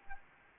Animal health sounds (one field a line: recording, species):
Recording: mosquito wingbeat signal from an infrared sensor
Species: Anopheles gambiae